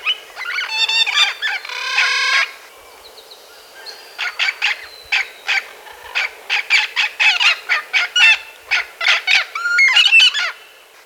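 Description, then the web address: Scaly-naped amazon calls: a long, busy sequence of harsh squawks and nasal honks, with one drawn-out grating note near the start. Ecuador. "Birds of Ecuador. Scaly-Naped Amazon"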